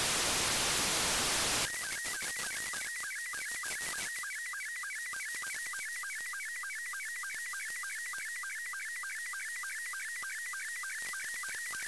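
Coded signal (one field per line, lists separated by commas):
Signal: SSTV (slow-scan television)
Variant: Robot 72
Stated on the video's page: SSTV and telemetry downlink from the UMKA-1 (RS40S) satellite, received during a pass over Thailand.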